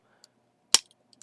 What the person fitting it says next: and then snaps right into place because it's a ball joint